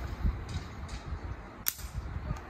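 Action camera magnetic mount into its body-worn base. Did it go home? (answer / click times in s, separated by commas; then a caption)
yes / 1.7 s. An Osmo Action camera on a SNAP Pro magnetic mount is brought onto its body-worn base, and the magnetic halves snap together with a single sharp click at 1.7 s over a low background rumble. The mount is seated.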